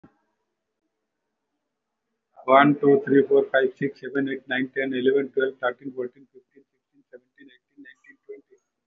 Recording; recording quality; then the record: counting at a fast pace; excellent, no background noise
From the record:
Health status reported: recovered from COVID-19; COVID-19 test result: positive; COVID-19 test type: RT-PCR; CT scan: taken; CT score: 0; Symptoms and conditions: breathing difficulty, fatigue, muscle pain, pneumonia, another respiratory illness, hypertension, another condition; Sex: male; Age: 54 years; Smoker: yes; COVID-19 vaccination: none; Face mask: not worn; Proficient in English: yes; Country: India